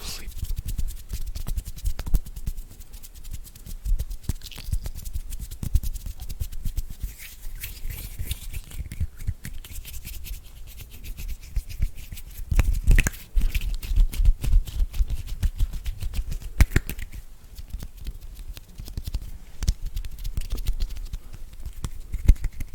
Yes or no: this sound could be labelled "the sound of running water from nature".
no